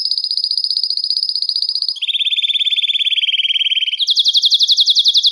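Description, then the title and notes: Belgian canary song: a fast steady high trill, a lower rolling trill, then a louder, slower, higher-pitched pulsed trill. "Canario Belga, nyonyastudio"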